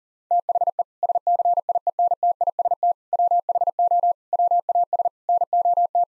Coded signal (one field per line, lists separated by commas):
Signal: Morse code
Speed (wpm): 37 wpm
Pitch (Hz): 700 Hz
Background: none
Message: THE SCIENTIST WHO WAS NOT